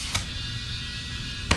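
A lawn tractor front tire is being inflated so its rubber bead seats on the steel rim. Over a steady hiss and low rumble, a faint tap sounds at 0.2 s, then a sharp pop at 1.5 s as the bead seats on the rim.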